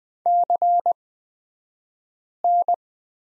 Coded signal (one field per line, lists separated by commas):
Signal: Morse code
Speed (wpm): 20 wpm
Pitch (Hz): 700 Hz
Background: none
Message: CN